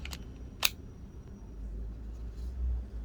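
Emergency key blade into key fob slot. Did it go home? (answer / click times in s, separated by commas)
no / none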